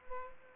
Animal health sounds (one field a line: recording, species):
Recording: mosquito wingbeat signal from an infrared sensor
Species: Aedes aegypti